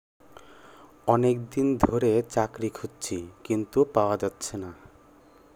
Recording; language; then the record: elicited speech; Bengali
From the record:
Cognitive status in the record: cognitively healthy